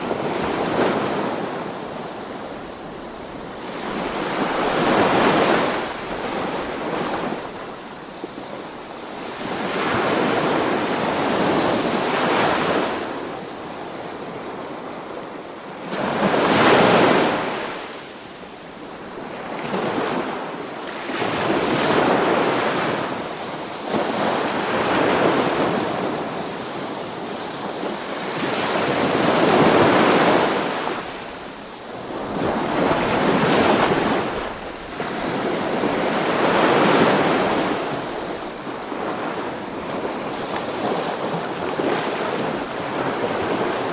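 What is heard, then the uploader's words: Gentle ocean surf washes ashore in soft, regular swells every four to five seconds, each a hissing, splashing rush that fades between waves. The tranquil sounds of the ocean surf as it gently washes over the sandy shore. The soft swishing, lapping, and splashing sounds. Calm Ocean Surf.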